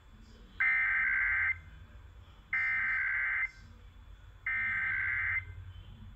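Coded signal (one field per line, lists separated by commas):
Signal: Emergency Alert System (SAME) tones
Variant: header bursts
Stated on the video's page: Required Weekly Test from a K-LOVE FM station on 88.7 MHz.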